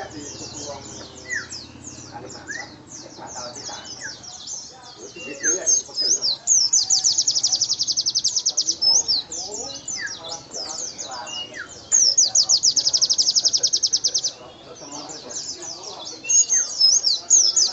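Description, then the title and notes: White-eye song, a busy stream of high twittering chirps broken by loud, rapid buzzy trills lasting a few seconds, over soft lower chatter in the background. Masteran training recording of white-eye (pleci) song, titled 'Isian Nobita Raja Nembak'; the bird is described as gacor, singing vigorously. "Master Burung Pleci Isian Nobita Raja Nembak Gacor. masteran kicau burung pleci gacor"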